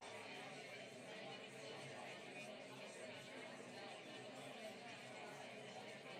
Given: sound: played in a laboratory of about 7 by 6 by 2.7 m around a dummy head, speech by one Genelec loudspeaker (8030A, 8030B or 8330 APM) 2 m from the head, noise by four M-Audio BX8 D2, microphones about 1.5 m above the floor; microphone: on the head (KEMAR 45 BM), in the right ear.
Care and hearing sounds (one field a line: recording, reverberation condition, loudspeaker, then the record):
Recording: babble noise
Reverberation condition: low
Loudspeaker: four, about 170 cm from the corners of the room and facing them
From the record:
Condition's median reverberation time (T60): about 310 ms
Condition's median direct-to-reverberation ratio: about 3.5 dB